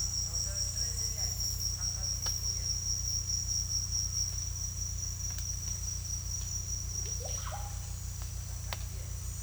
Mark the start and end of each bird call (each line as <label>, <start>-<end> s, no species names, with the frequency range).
bird call (0.3-2.2 kHz), 7.17-7.74 s